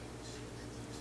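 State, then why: Not seated. The upper plastic housing of a mechanical keyboard switch is handled onto its lower housing after the spring and keycap stem have been refitted. A steady low hum and broadband hiss run throughout, with no sharp transients. Nothing has seated or clicked yet.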